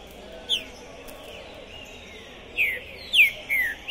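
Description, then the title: Green-winged saltator song: a single whistled note, a pause, then a few descending whistles near the end. Captive trinca-ferro singing and calling to warm up for a singing contest, at the tournament entrance; 2021. "ESQUENTAR Seu TRINCA Piando, Cantando E Macheando Na DISPUTA. TRINCA FERRO PORTA do TORNEIO Trinca Ferro Pistoleiro 2021"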